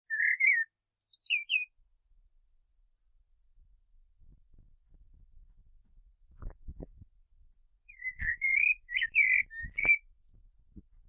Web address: SETE data Turdus merula